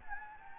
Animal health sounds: mosquito wingbeat signal from an infrared sensor; Anopheles gambiae

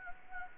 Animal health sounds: mosquito wingbeat signal from an infrared sensor; Anopheles gambiae

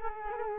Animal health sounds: mosquito wingbeat signal from an infrared sensor; Culex quinquefasciatus

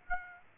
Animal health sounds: mosquito wingbeat signal from an infrared sensor; Aedes aegypti

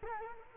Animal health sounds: mosquito wingbeat signal from an infrared sensor; Culex quinquefasciatus

